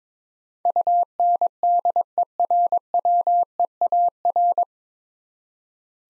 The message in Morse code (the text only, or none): UNDERWEAR